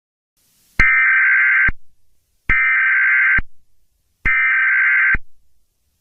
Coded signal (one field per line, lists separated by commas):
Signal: Emergency Alert System (SAME) tones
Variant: header bursts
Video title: My Fictional Countries Eas Alarms